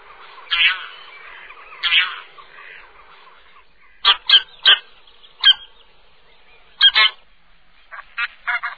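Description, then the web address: Bean goose calls: harsh nasal honks, some drawn out and some short and clipped, given irregularly with pauses between. "chants et cris oiedesmoissons"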